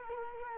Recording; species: mosquito wingbeat signal from an infrared sensor; Culex quinquefasciatus